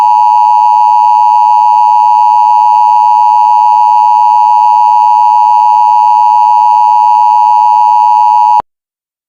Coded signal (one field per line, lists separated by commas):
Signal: Emergency Alert System (SAME) tones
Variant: 853 and 960 Hz attention tone